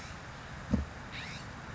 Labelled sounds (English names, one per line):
California Scrub-Jay